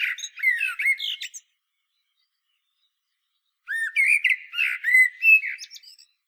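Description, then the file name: Common blackbird delivering a warbled phrase, a pause of about two seconds, then a longer fluty phrase laced with high squeaky flourishes. "Turdus merula"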